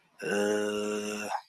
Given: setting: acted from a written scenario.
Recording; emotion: vocal sound without words; confusion